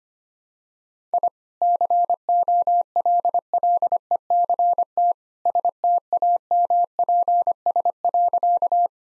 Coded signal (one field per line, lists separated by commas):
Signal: Morse code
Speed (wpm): 25 wpm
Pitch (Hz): 700 Hz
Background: none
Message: I COLLECT STAMPS.